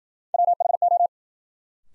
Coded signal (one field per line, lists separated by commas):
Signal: Morse code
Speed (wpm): 53 wpm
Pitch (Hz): 700 Hz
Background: none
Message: WHO